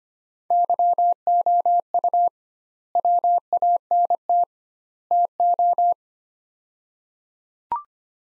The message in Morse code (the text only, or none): YOU WANT TO